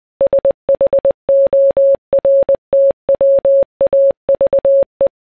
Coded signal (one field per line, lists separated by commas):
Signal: Morse code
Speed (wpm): 24 wpm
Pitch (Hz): 550 Hz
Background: none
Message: SHORTWAVE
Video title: My Top 5 Shortwave Radio/Communications Receivers